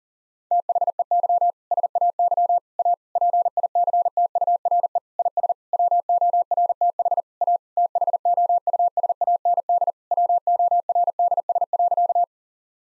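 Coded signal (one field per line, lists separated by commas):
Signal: Morse code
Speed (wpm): 37 wpm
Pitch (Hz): 700 Hz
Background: none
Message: THEY SAY A PICTURE IS WORTH A THOUSAND WORDS.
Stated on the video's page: Morse practice at 40 wpm: sentences of common seven-word phrases, each sent, spoken, then sent again.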